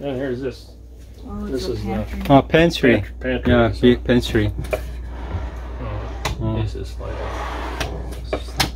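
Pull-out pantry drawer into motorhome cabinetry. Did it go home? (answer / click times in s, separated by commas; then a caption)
yes / 8.3 s, 8.6 s. A deep pull-out pantry unit in a luxury motorhome is pushed closed into the cabinetry while someone talks. It latches with solid knocks at 8.3 s and 8.6 s, locking into place.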